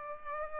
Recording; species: mosquito wingbeat signal from an infrared sensor; Culex pipiens